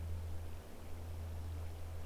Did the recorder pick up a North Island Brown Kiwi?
no